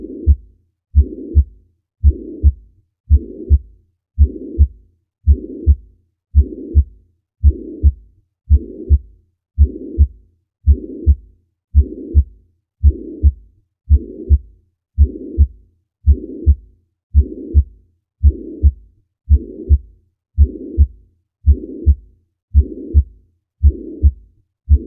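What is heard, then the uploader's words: A heart murmur of mitral regurgitation, heard as a steady rhythm of low thumping beats at just under one per second. Between the paired beats, a soft blowing whoosh fills the gap each cycle. Everything stays low and muffled, with no other sounds. Heart Murmurs: Mitral Regurgitation. Mitral regurgitation: a pansystolic murmur which radiates to the axilla.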